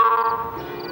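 Church bells ring out at 11:11 in a sustained metallic tone rich in overtones, holding steady and fairly loud before shifting slightly and slowly fading, with no voices.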